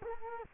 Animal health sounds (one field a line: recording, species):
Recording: mosquito wingbeat signal from an infrared sensor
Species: Culex quinquefasciatus